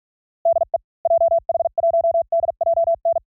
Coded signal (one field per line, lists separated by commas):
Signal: Morse code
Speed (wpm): 47 wpm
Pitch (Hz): 670 Hz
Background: none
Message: DE JH1DJN